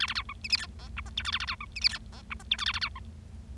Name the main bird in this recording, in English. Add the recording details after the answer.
Bengalese Finch. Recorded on 25 March 2012 at 17:49. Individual gy6or6